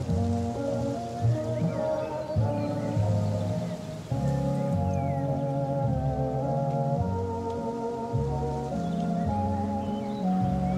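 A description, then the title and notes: Music drifts out through an open cabin door, muffled and bass-heavy, with sustained chords that change every second or two at a steady level. A few faint bird chirps flick in above it now and then, thin. An open cabin door plays music from inside, some background birds.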